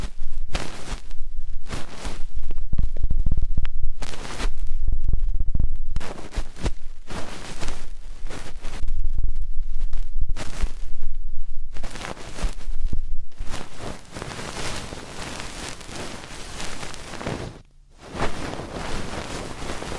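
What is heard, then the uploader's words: Ear cleaning sounds, dense rustling and scratching that fill the clip almost without pause, with rough bursts and rapid crackling textures. Strong low thumps mark the first half, the sound grows thinner and fizzier later, and a brief silence falls near seventeen seconds. ASMR Intense Electrifying Ear Cleaning.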